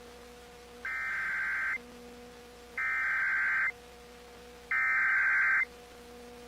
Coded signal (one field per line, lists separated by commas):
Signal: Emergency Alert System (SAME) tones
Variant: header bursts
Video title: EAS Captures: Radar-Indicated Tornado Warning for Southern Fayette County in NE Iowa